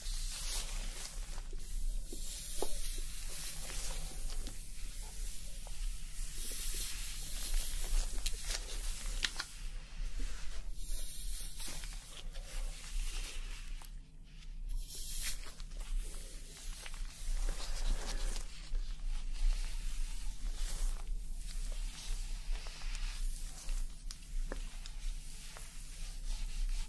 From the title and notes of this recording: ASMR Scalp Massage and Hair Wash Treatment Roleplay for Sleep foamy scalp layered sounds.